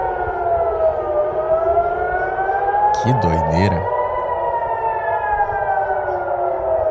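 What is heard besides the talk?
air raid alarm siren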